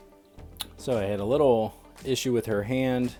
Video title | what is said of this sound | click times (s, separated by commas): Star Wars The Vintage Collection Reva Third Sister Unboxing and Toy Review | did come off but it snapped right in place i believe most of these joints are kind of made to | 0.6 s